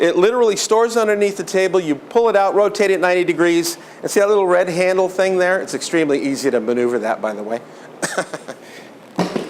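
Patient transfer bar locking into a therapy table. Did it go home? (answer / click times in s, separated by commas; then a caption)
yes / 9.2 s. A patient transfer bar is pulled out from under a therapy table, rotated 90 degrees and its red handle worked while someone talks. At 9.2 s the bar locks into place with a sharp thud, seated.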